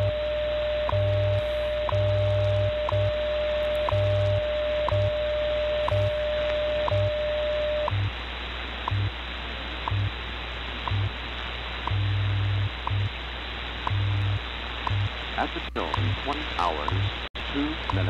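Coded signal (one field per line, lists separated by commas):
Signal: radio time signal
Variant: WWV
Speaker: this one is on 15 megahertz WWV 15 megahertz and we'll compare of course to antennas the w6 LVP amplified magnetic loop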